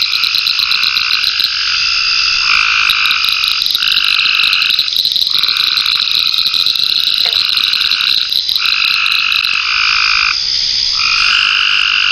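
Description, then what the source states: Frogs calling in a loud, layered trilling chorus with bursts starting and stopping every few seconds, accompanied by rapid high insect pulsing. Frogs in ponds near a pond in a forest wildlife management area, with crickets and cicadas.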